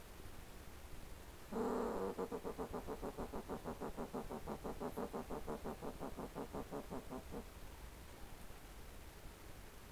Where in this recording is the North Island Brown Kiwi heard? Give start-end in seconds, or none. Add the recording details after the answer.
none. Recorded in New Zealand on 18 December 2013. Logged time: 22:59. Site CJ71